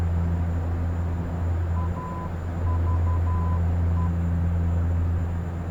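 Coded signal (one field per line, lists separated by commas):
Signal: Morse code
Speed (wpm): 12 wpm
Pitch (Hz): 1000 Hz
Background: none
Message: AVE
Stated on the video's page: Broadcast live on Twitch.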